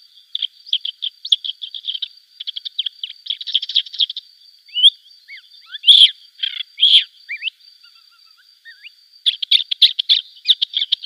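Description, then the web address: Lesser grey shrike with a rambling chattering song, fast trills and harsh chirps broken by louder squawky notes, against a steady thin high tone. "Schulze Peter Lesser Grey Shrike"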